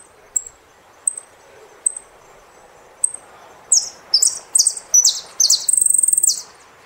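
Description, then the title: Saffron finch song: a few widely spaced thin chips, then quick slurred phrases and a short fast trill, all high-pitched. "Jilguero Argentino"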